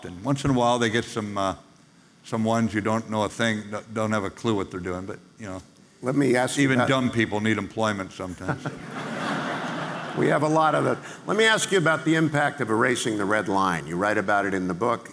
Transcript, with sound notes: Once in a while, they get some ones who don’t know a thing, don’t have a clue what they’re doing, but you know, even dumb people need employment sometimes. (laughing)
We have a lot of that. Let me ask you about the impact of erasing the red line. You write about it in the book.